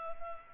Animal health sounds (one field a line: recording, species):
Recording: mosquito wingbeat signal from an infrared sensor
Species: Culex pipiens